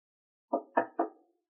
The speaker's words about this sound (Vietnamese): Đúng lúc đó phía bên ngoài có người đang gõ vào cửa cuốn kèm theo giọng khá gay gắt. Mở cửa ra, Bạch Hổ, chúng mày chết chắc rồi. Tiếng đập cửa như mỗi lúc một dồn dập, kèm theo đó là sự ồn ào của nhiều giọng nói khác nhau.